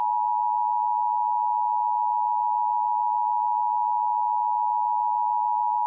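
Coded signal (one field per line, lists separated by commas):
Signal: Emergency Alert System (SAME) tones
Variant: 853 and 960 Hz attention tone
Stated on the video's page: Fictional EAS scenario recreation.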